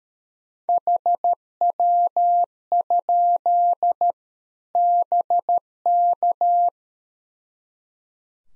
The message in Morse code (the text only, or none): HW? BK